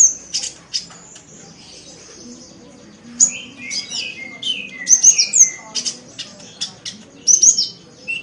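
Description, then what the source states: Oriental magpie-robin singing varied phrases: sharp high clicks and chips, a quiet pause, then a lively sequence of descending whistles and scratchy notes. From a recording more than an hour long.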